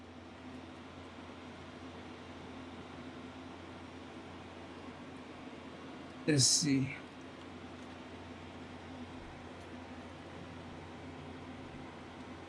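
A second RAM stick is handled as it rests on a motherboard DIMM slot, ready to be pushed in, while someone talks over a steady background hiss. A brief, louder rustling burst comes at about 6.3 to 7.0 seconds. The module has not clicked or seated yet.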